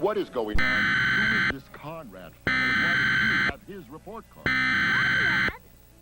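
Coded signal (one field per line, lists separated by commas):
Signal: Emergency Alert System (SAME) tones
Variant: header bursts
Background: speech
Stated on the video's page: Fictional EAS broadcast about an all-consuming fog, presented as aired during a television cartoon.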